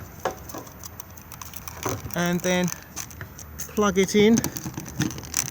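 Someone talks while the fresh-water pump hose connector from the water container is handled and pushed toward the external water inlet socket of a Swift Conqueror 645 caravan, with scattered small ticks, knocks and rattles throughout. Nothing has seated or clicked yet.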